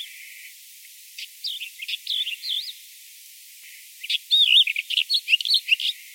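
Bird calls: two bursts of high, quick twittering chirps and wavering whistled notes, the second burst louder and denser.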